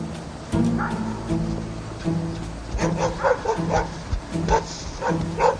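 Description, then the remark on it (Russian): A poisoned dog whimpers and yelps in a string of high, strained cries, breaking into a few short barks toward the end, with a faint voice underneath. “Но собаку за что? Живая ж душа.”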